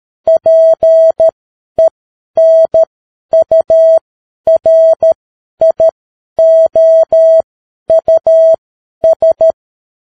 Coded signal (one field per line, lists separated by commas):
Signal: Morse code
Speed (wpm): 13 wpm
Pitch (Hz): 650 Hz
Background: none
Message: PENURIOUS